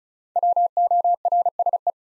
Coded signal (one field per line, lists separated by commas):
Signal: Morse code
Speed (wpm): 36 wpm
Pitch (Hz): 700 Hz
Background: none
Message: WORSE